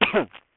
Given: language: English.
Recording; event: throat vibration sensor signal played as sound; cough